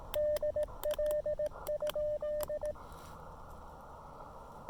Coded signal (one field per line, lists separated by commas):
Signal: Morse code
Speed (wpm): 19 wpm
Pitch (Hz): 590 Hz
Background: radio noise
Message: DL?